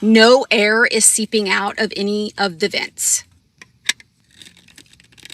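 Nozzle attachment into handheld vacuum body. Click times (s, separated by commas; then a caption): 3.9 s. Someone talks, then a plastic nozzle attachment is pushed onto the body of a Bissell handheld vacuum. A sharp click at 3.9 s marks it snapping into place, followed by a few faint ticks of handling. The nozzle attachment is seated in the vacuum body.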